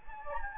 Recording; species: mosquito wingbeat signal from an infrared sensor; Anopheles gambiae